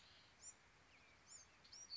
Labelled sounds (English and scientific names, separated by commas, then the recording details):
Bewick's Wren (Thryomanes bewickii)
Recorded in Sonoma County, California